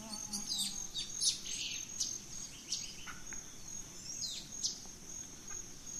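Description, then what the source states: Birds: scattered high bird chirps and short whistles, sparse and uneven, with a thin steady insect buzz running throughout. Dawn chorus in rainforest, Gran Sabana, Venezuela.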